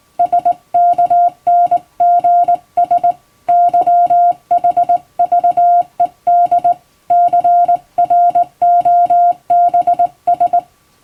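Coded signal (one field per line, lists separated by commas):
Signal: Morse code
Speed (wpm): 19 wpm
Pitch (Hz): 700 Hz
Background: music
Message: SKNGS YHVED CROBS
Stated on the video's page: Hand-keyed Morse practice with a telegraph key, international code sent in telegram format by a first-class radiotelegraph operator.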